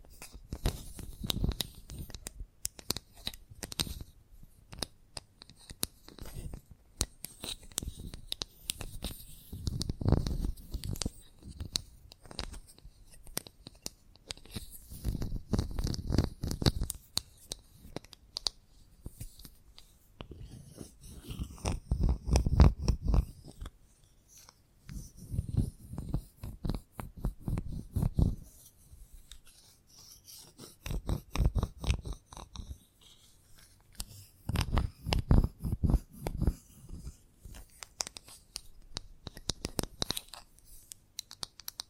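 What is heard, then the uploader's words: Chalk taps and scratches in irregular bursts, with sharp clicks and short rasping strokes clustered every few seconds. Low scraping swells stand out around 10, 16, 22–23, 26–28 and 35 seconds. ASMR The Best Kind of Chalk Sounds Tapping, Scratching, Carving etc (No Talking).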